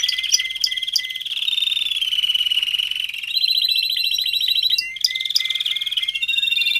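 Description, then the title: Domestic canary song of long rapid rolls and trills shifting in pitch, with clear piping whistles breaking through at intervals. Male Belgian canary singing a lot, for training and warming up young canaries. "Canario Belga. Macho Cantando Muito"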